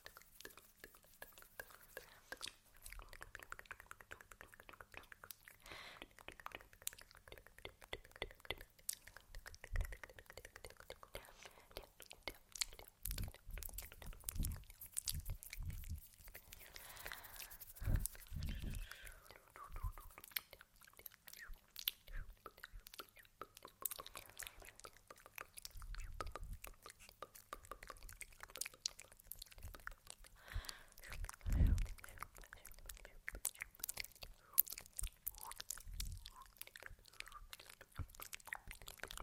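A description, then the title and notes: Soft mouth sounds and face touching continue throughout, a dense layer of wet clicks, smacks and light chewing-like crunches. Occasional low thumps from tapping land irregularly, around 14, 18, 26, 32 and 36 seconds, over a faint continuous hiss. Layered Sounds (Sleepy Mouth Sounds, Face Touching, Tapping).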